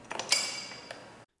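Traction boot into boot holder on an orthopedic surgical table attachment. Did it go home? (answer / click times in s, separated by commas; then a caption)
yes / 0.3 s. A traction boot is attached to the boot holder of an orthopedic surgical table extension by guiding its lower and then upper fixing knobs into their recesses. A few light taps come first, then a sharp, bright metallic clink at 0.3 s, followed by a faint tap near 0.9 s. The boot clicks and seats into the holder.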